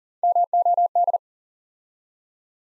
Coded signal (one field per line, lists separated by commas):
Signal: Morse code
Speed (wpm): 42 wpm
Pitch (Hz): 700 Hz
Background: none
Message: MOD